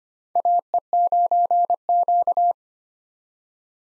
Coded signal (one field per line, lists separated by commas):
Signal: Morse code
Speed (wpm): 25 wpm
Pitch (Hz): 700 Hz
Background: none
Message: AE9Q